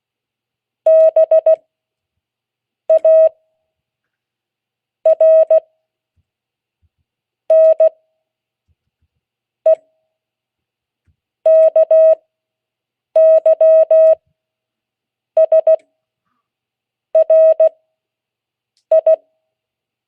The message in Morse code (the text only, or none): BARNEKYSRI